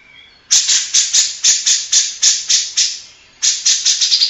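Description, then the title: Grey-cheeked bulbul song: a regular string of grating chatter notes, a pause of under a second, and a quicker run. Long-duration masteran tutor recording for training captive songbirds. "Cucak Jenggot Masteran"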